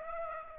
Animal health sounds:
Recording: mosquito wingbeat signal from an infrared sensor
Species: Aedes aegypti

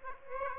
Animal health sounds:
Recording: mosquito wingbeat signal from an infrared sensor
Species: Aedes aegypti

